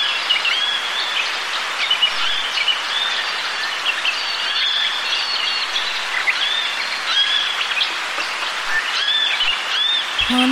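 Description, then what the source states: Many birds chirping and whistling at once in a continuous twittering chorus, accompanied by a steady hiss like wind or light rain. Birds with gentle wind blowing.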